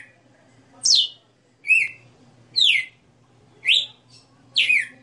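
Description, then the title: Red-cowled cardinal song: five loud, slurred whistled phrases spaced about a second apart over a quiet background. Female bird singing a 60-note song, recorded live. "Canto Galo Campina Fêmea 02. Galo de Campina 60 NOTAS Cantando Ao vivo"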